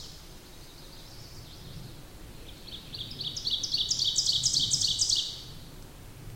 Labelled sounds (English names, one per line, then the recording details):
Ovenbird song
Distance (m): 20 m
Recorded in boreal forest in Alberta, Canada, on 8 June 2016 at 08:22
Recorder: SongMeter 3, array SBT-3-9
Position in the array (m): 52 m, 106 m
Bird 33